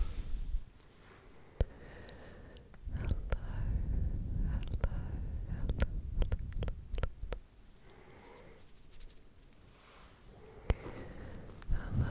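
Slow brushing strokes across a microphone, a soft rumbling rustle that swells and fades in long passes, loudest between about three and seven seconds. Sharp clicks and taps punctuate the strokes, clustered in the middle, with isolated ones near 1.6 and 10.7 seconds.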